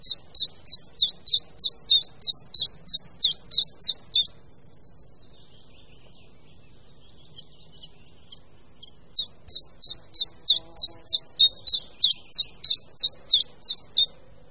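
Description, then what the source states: Common Chiffchaff song: a monotonous run of high, evenly paced notes, pausing for about five seconds before resuming. Monotonous song heard from the tree crowns; small, inconspicuous green bird.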